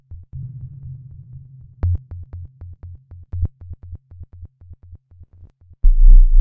Cosmonaut heart beat.